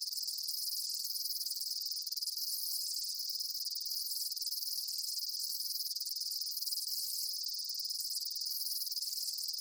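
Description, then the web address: Insects chirping together in a steady, piercing high chorus that never pauses, with faint lower trills returning every couple of seconds. Daytime insect ambience, chirping bugs. "Blast Wave Amb Day Insects. animal ambience insects chirps day bugs"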